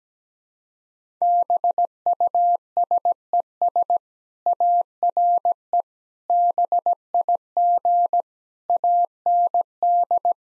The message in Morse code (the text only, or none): BUSES ARE BIG AND